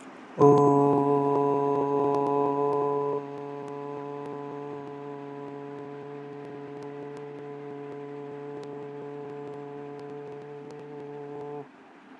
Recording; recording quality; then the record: sustained vowel as in boot; excellent, no background noise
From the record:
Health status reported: healthy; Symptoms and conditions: none ticked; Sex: male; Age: 19 years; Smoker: not ticked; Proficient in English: yes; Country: India